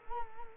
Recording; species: mosquito wingbeat signal from an infrared sensor; Culex quinquefasciatus